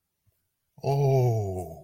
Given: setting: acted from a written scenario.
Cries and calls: vocal sound without words; positive surprise

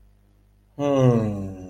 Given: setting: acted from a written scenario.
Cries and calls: vocal sound without words; awe

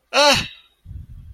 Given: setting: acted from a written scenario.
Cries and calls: vocal sound without words; fear

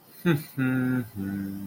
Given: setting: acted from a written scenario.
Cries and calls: vocal sound without words; neutral

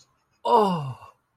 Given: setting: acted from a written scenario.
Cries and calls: vocal sound without words; ecstasy

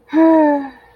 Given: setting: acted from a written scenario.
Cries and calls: vocal sound without words; romantic love

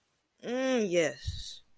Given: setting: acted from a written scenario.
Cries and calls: vocal sound without words; ecstasy

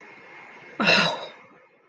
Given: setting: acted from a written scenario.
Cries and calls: vocal sound without words; embarrassment

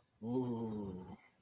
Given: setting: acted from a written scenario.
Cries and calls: vocal sound without words; fear

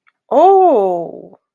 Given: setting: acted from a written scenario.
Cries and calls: vocal sound without words; realization

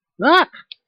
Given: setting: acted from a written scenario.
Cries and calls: vocal sound without words; fear

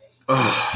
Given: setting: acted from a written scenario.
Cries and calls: vocal sound without words; anger

